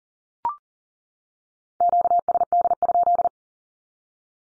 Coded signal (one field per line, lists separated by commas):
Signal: Morse code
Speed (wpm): 40 wpm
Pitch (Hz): 700 Hz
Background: none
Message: QSD?